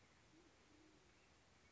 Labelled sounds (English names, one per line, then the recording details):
Band-tailed Pigeon
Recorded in Sonoma County, California